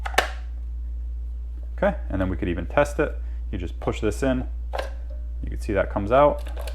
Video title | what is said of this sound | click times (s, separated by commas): Husqvarna 525L Trimmer Line Replacement and Head Removal | Push it down till it clicks. | 0.1 s, 0.2 s